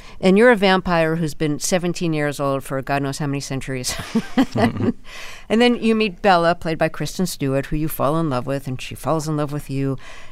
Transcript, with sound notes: And you're a vampire who's been 17 years old for God knows how many centuries (laughter). And then you meet Bella, played by Kristen Stewart, who you fall in love with, and she falls in love with you.